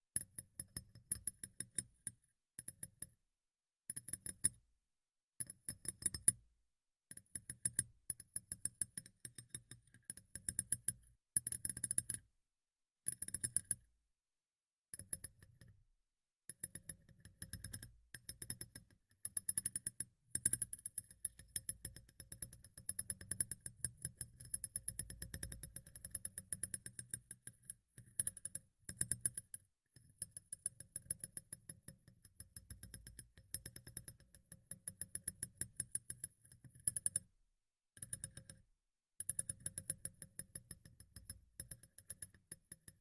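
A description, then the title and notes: Close, intimate tapping sounds in quick bursts, with brief silences between clusters of taps throughout. The taps are crisp and slightly glassy, with clicking and light clinking, and a soft low thump under many of them. Activity grows denser after about fifteen seconds. ASMR Tapping in Your Ear (No Talking).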